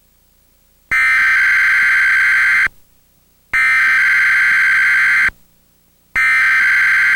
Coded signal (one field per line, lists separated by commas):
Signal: Emergency Alert System (SAME) tones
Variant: header bursts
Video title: TCM EAS Test - June 1, 2008 (VHS)